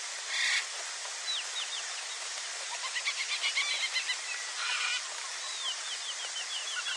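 Many birds calling together, with drawn-out whistled slurs and a rapid chirping run in the middle, framed by two bursts of rushing hiss.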